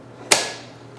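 The second adjustable side arm on a face scanner body is lifted and rotated into place, giving a single sharp click at 0.3 s. A short bright decay follows over quiet background hum, confirming the arm is firmly seated in position.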